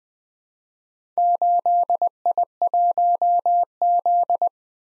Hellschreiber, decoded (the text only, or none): none